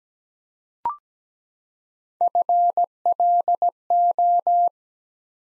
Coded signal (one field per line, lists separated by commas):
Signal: Morse code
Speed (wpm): 17 wpm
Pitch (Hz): 700 Hz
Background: none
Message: FLO